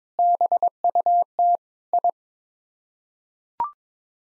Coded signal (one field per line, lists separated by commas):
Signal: Morse code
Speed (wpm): 22 wpm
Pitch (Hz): 700 Hz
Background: none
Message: BUT I